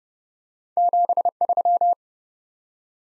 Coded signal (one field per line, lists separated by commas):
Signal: Morse code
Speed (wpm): 30 wpm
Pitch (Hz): 700 Hz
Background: none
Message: 73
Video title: Top 20 QSO Elements 30wpm